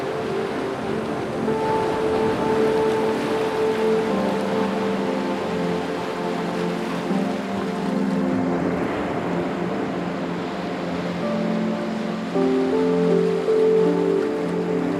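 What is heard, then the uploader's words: Gentle music with sustained, layered tones plays over a steady wash of ocean waves, holding an even level throughout with slowly shifting notes. The captivating sounds of ocean waves.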